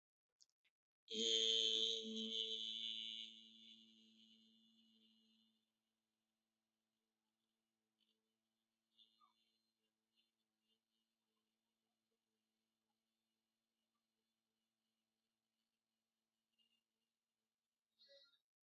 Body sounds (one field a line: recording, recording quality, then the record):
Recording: sustained vowel as in beet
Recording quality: excellent, no background noise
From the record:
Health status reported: healthy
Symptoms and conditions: none ticked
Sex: male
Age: 41 years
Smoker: not ticked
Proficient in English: yes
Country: India